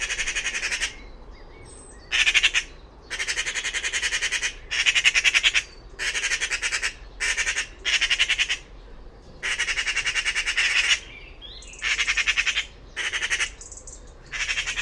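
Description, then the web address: Bird giving harsh, raspy squawks in rapid pulsed bursts separated by short pauses, continuing throughout. "cianscape birddata Deverinetal 2025"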